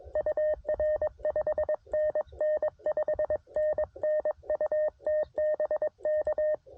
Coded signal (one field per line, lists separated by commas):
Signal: Morse code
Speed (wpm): 22 wpm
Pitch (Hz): 610 Hz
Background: none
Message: UR 5NN 5NN UT BK